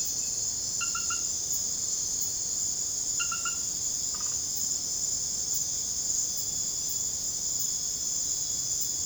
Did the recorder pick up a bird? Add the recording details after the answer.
no. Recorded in secondary vegetation near Puerto Asís, Putumayo, Colombia, on 21 December 2024 at 20:30. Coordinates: 0.489, -76.322. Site G059